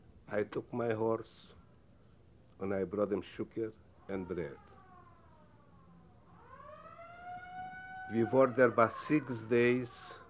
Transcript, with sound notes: I took my horse and I brought them sugar and bread. (siren noise in background) We were there about six days